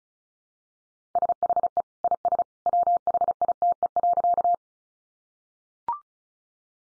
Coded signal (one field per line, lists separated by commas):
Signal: Morse code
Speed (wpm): 34 wpm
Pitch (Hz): 700 Hz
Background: none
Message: SHE IS WHITE.